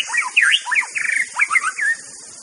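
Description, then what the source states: White-rumped shama song, a quick burst of rich warbled and looping whistles, rising and falling, over a background insect hiss. Song used as a lure for trapping birds (pikat).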